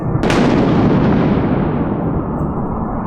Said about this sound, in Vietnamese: Tiếng sét kinh hoàng ban nãy đã đánh trúng một trong ba cây bưởi ở trong vườn. Một cành bưởi khá lớn bị sét đánh gãy đổ xuống, và nó chỉ cách miếu đúng một gang tay.